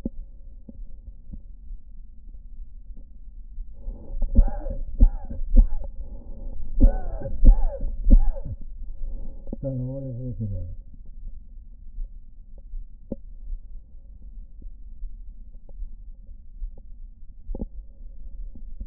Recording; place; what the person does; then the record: lung sounds by stethoscope; right anterior apical chest; quiet breathing, then cough and speech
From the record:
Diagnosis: COPD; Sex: male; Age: 77 years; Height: 172 cm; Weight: 94 kg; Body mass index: 31.8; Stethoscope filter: diaphragm mode